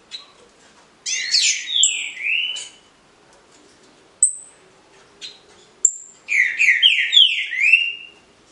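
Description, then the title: Green-winged saltator song: loud bursts of rich, downslurred whistled notes, with a high thin note between phrases, in two bursts about five seconds apart. Captive nine-month-old young bird from the Criatório do Nego breeder in Cambé, Paraná; song style called Voz 06. "Canto De Trinca Ferro Voz 06. FILHOTE COM 09 MESES CRIATÓRIO DO NEGO (Cambé Pr)"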